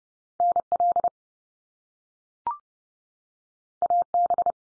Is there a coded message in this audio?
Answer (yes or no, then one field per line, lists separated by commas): yes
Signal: Morse code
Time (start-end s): 0.4-4.5 s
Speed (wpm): 30 wpm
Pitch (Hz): 700 Hz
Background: none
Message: NL AB